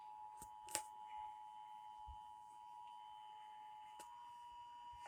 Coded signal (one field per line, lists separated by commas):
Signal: Emergency Alert System (SAME) tones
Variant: 853 and 960 Hz attention tone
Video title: NO NEW UPDATES HERE... Broadcast Radio/TV EAS: Required Monthly Test (EAS #844-852)